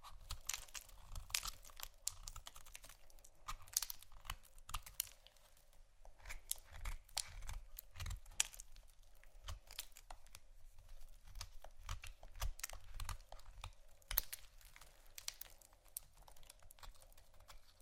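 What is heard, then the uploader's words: Soap and candle carving: a steady run of short, dry scraping and crinkly cutting strokes, several per second, with no pauses through the whole stretch. Each stroke is crisp and bright, with a soft low thump beneath some, and occasional louder scrapes around eight and fourteen seconds. ASMR Soap & Candle Carving （No Talking）.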